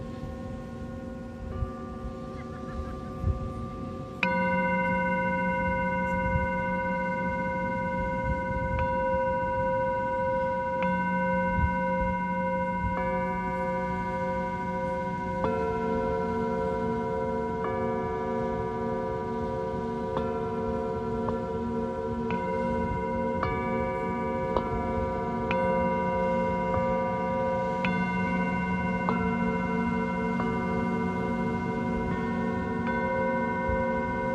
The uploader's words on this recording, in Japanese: メキシコから シンギングボウルのサウンドヒーリング。メキシコのビーチにて満月と新月に大体合わせて地道の方達と集っています。